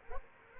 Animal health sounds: mosquito wingbeat signal from an infrared sensor; Culex quinquefasciatus

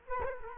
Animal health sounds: mosquito wingbeat signal from an infrared sensor; Culex quinquefasciatus

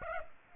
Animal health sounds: mosquito wingbeat signal from an infrared sensor; Aedes aegypti

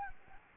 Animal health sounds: mosquito wingbeat signal from an infrared sensor; Anopheles arabiensis

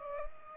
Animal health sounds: mosquito wingbeat signal from an infrared sensor; Culex pipiens

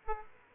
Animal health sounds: mosquito wingbeat signal from an infrared sensor; Aedes aegypti

